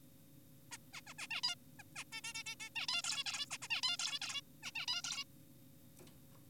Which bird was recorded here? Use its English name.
Zebra Finch